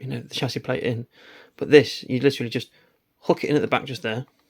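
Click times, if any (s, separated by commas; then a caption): none. Someone talks while handling a plastic chassis plate, hooking it in at the back of a Tamiya Toyota Supra GR Custom model car body. The clip is mostly speech with brief pauses, and nothing has seated or clicked yet.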